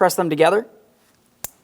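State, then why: Seated. Someone talks, then the new side mirror's electrical wiring harness connector on a 2015–2025 Ford Transit 250, lined up by its locking tabs, is pressed into the vehicle-side plastic connector inside the door. A short sharp click is heard at 1.4 s, and the connector is seated; a tug test confirms it is secured.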